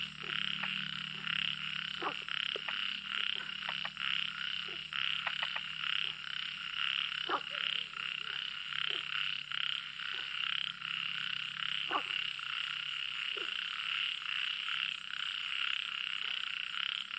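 A lively summer night after an evening thunderstorm, filled with a dense, unbroken chorus of frogs and insects trilling at a steady high pitch. Sharp croaks and clicks pop out every second or so, while a faint low hum lingers through the first half.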